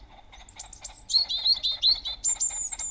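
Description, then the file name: European robin song, a quick run of high, trilling and twittering notes that rise and fall without a break. "Erithacus rubecula"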